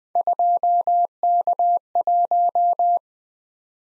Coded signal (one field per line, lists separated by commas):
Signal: Morse code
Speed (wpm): 20 wpm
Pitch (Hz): 700 Hz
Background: none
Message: 2K1